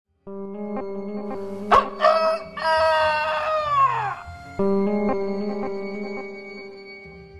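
Chicken: a loud, drawn-out crowing call sweeps downward in the middle, while a steady droning hum and clicking sounds run through the whole recording.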